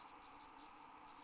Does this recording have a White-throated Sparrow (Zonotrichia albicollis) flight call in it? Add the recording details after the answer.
no. No flight call is heard. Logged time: 07:13 on 30 November 2014